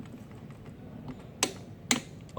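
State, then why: Torque reached. A click-type torque wrench is ratcheted onto the second main bearing cap bolt and pulled until it clicks at the set torque. Two sharp clicks stand out at 1.4 s and 1.9 s over a low, steady background. The wrench has clicked at its set torque on the second bolt.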